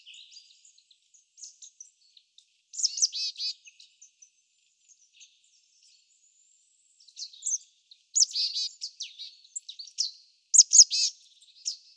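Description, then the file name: Marsh tit calls: short sharp high notes, then bursts of harsh buzzy notes at about three, eight and eleven seconds, with quiet gaps between. "Poecile palustris"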